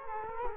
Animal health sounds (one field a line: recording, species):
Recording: mosquito wingbeat signal from an infrared sensor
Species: Culex quinquefasciatus